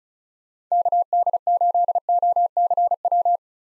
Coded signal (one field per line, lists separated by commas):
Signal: Morse code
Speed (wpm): 36 wpm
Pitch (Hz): 700 Hz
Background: none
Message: KD8OCW